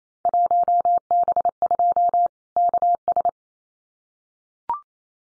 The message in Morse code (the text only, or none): 1B2 KS